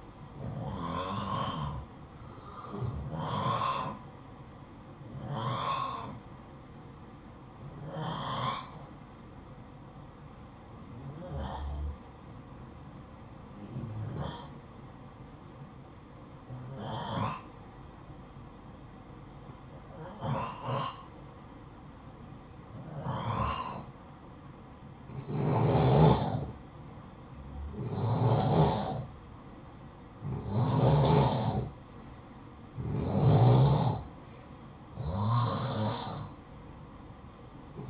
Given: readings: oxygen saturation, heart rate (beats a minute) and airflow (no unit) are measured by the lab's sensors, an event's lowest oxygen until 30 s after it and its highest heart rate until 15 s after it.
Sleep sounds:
breathing in sleep by a smartphone at the bedside; 1
4.00-27.90 s: hypopnea (N2, oxygen 94% highest, then 89% lowest, heart rate 59 at the start, 62 highest)
From the record:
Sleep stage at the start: N2 (light sleep); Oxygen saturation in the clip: 88 to 94%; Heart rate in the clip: 53 to 67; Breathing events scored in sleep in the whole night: 573 in 9.8 hours asleep

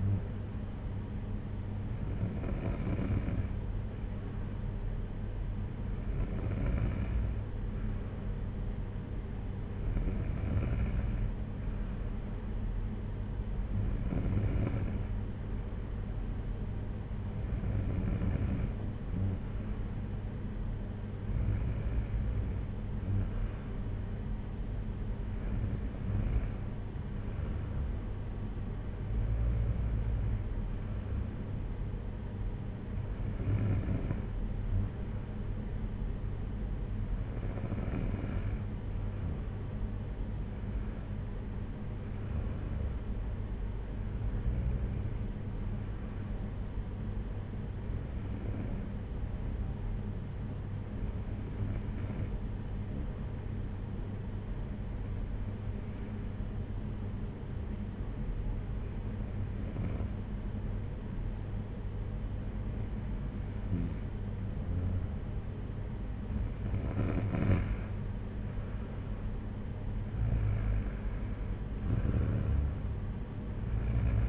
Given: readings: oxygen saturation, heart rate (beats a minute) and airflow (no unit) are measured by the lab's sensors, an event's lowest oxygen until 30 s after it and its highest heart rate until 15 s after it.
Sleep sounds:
breathing in sleep by a smartphone at the bedside; 1
46.00-66.30 s: hypopnea (N2, oxygen 95% highest, then 92% lowest)
From the record:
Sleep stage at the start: N2 (light sleep); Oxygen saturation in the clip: 92 to 95%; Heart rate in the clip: 57 to 65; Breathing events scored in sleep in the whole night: 226 in 8.8 hours asleep

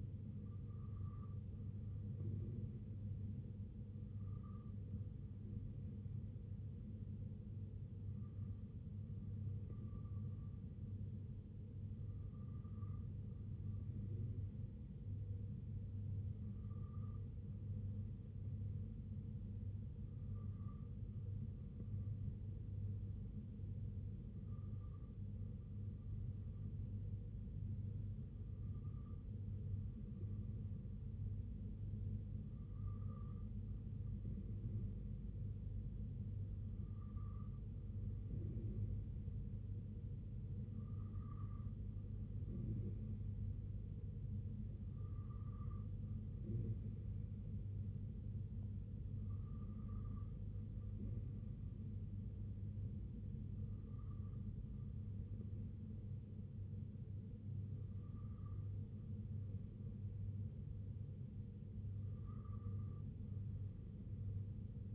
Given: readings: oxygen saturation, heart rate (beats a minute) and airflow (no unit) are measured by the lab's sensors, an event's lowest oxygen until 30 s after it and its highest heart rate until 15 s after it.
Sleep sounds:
breathing in sleep by a smartphone at the bedside; none
none scored
From the record:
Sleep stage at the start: N3 (deep sleep); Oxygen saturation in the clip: 93 to 94%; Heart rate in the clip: 64 to 68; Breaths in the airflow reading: 16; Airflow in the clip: -2.5 to 1.8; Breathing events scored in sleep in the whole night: 258 in 7.4 hours asleep

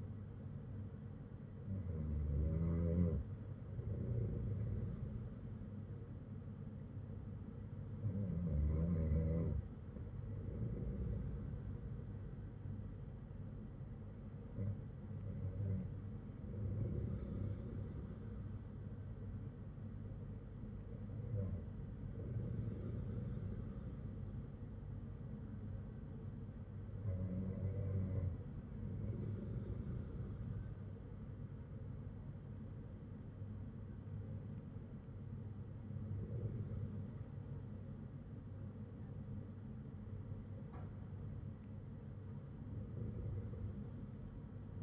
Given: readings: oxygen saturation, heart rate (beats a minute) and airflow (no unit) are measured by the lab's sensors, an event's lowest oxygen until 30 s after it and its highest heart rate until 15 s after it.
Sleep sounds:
breathing in sleep by a smartphone at the bedside; none
none scored
From the record:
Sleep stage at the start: N2 (light sleep); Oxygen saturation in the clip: 95 to 96%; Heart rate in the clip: 53 to 58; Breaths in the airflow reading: 7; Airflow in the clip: -7.3 to 5.1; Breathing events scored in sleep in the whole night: 182 in 7.4 hours asleep

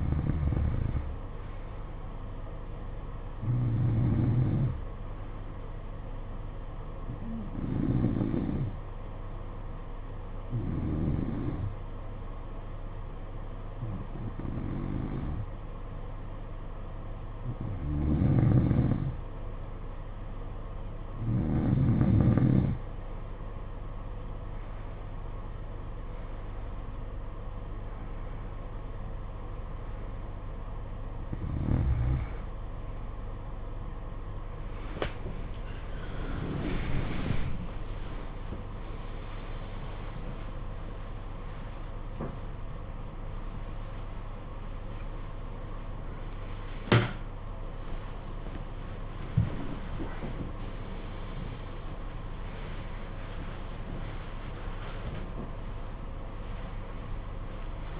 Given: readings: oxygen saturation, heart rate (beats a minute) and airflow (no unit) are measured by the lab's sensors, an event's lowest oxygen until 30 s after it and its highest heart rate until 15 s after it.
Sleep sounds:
a person awake in a sleep study, by a smartphone at the bedside; none
25.00-58.00 s: new sleep stage, awake
33.00-58.00 s: awake
From the record:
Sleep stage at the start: N2 (light sleep); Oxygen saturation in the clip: 91 to 93%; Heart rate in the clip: 56 to 84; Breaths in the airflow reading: 15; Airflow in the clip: -17.0 to 16.7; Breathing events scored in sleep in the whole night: 476 in 9.7 hours asleep

